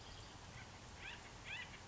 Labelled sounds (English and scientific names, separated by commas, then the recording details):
Acorn Woodpecker (Melanerpes formicivorus)
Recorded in Sonoma County, California